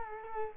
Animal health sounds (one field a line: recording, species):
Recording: mosquito wingbeat signal from an infrared sensor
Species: Culex quinquefasciatus